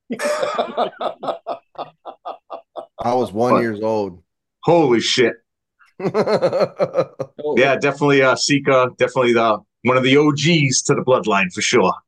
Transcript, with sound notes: I was one years old.
Holy shit. (laughing) Yeah, definitely, Seeker, definitely the one of the OGs to the bloodline for sure.